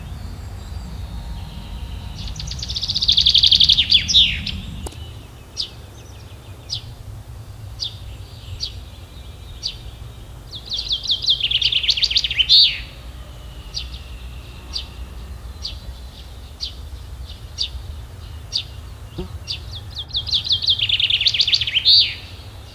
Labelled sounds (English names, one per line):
Common Chaffinch song